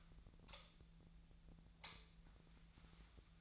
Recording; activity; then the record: daily activity, microphone in the room; light on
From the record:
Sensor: 3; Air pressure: 1009.7 hPa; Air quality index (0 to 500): 191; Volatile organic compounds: 15 ppm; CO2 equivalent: 2487 ppm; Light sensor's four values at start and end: 37/93/40/42 and 44/115/49/50